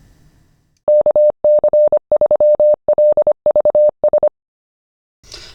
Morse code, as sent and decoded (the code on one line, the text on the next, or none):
-.- -.-. ...-- .-.. ...- ...
KC3LVS